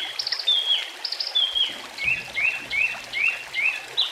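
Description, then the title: Oriental magpie-robin song opening with clear drawn-out whistles, then a run of five short rising notes. "Kicau Kacer"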